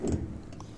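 A cleaned lint/drain filter is lined up in the correct position in its washing machine housing, its top knob pressed lightly, then pushed in so the small lock on top can engage automatically. Low handling rubs carry a short tap near 0.1 s, and a sharper hit closes the stretch at 0.6 s. Nothing has seated or clicked into place yet.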